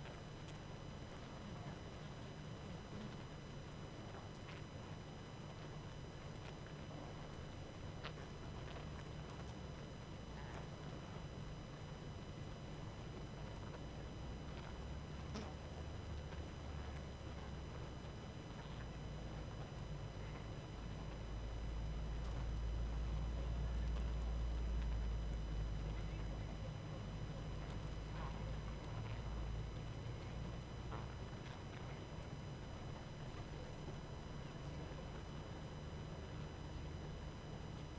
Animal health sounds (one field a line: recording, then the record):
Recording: honeybee colony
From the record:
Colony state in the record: active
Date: 12 June 2018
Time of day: 21:43